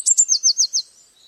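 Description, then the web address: Eurasian blue tit song, a brief phrase of two high thin notes leading into a quick series of descending trilled notes. "cianscape birddata Deverinetal 2025 File origin Bird Only Cy Ca"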